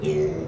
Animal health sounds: contact call of a hoofed animal; pig; closed-mouth grunt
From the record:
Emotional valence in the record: negative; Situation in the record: short social isolation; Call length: 0.48 s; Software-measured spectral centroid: 1910 Hz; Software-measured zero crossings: 910 a second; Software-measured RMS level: -24 dBFS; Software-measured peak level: -14 dBFS

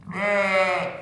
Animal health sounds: contact call of a hoofed animal; sheep; low-frequency (closed-mouth) or high-frequency (open-mouth) call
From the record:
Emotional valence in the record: positive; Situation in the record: reunion with pen mate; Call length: 1.02 s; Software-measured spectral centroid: 2010 Hz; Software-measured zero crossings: 2200 a second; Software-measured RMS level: -23 dBFS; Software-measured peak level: -9 dBFS

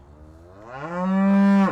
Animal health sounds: contact call of a hoofed animal; cattle; low-frequency (closed-mouth) or high-frequency (open-mouth) call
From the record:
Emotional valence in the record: negative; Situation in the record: physical separation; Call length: 1.72 s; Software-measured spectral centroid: 1390 Hz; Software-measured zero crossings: 920 a second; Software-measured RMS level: -21 dBFS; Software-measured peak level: -12 dBFS

